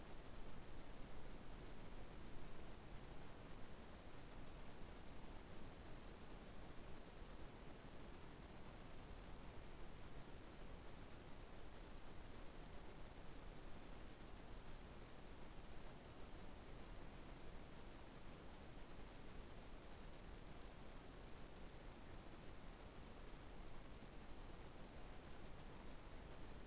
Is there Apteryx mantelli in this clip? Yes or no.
no